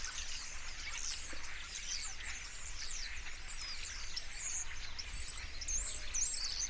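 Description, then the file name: Starling flock chatter: many overlapping wheezy whistles and sharp chirps, with a few clearer rising and falling whistled notes toward the end. Several starlings. "etourneaux"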